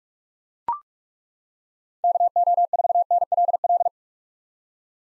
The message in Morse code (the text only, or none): KO4NLL